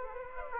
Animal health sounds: mosquito wingbeat signal from an infrared sensor; Aedes aegypti

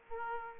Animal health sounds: mosquito wingbeat signal from an infrared sensor; Aedes aegypti

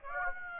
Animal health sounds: mosquito wingbeat signal from an infrared sensor; Aedes aegypti

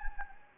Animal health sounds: mosquito wingbeat signal from an infrared sensor; Anopheles gambiae

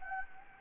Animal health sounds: mosquito wingbeat signal from an infrared sensor; Anopheles gambiae

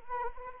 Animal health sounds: mosquito wingbeat signal from an infrared sensor; Anopheles arabiensis

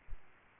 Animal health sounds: mosquito wingbeat signal from an infrared sensor; Aedes aegypti

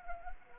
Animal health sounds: mosquito wingbeat signal from an infrared sensor; Anopheles arabiensis

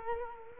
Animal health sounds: mosquito wingbeat signal from an infrared sensor; Culex quinquefasciatus

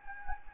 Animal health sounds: mosquito wingbeat signal from an infrared sensor; Anopheles gambiae

